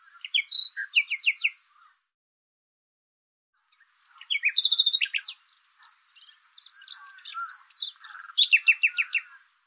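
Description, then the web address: Bird song: varied high chirps with clustered groups of rapidly repeated notes, a silent pause, then a longer mixed twittering phrase. "Deverinetal 2025"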